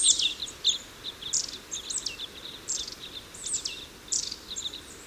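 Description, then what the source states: Red crossbill flight calls: sharp, downslurred kip notes repeated in a rapid, uneven series over a steady hiss. Call type N; flight calls.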